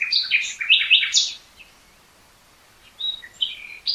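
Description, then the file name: Common nightingale song: a dense phrase of fast chattering notes, a silent gap, then thin whistles resuming. "Luscinia megarhynchos"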